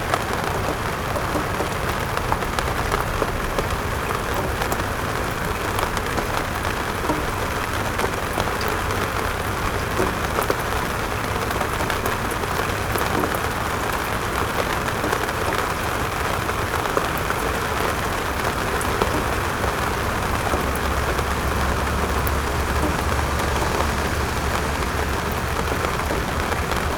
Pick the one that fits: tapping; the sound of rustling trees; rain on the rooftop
rain on the rooftop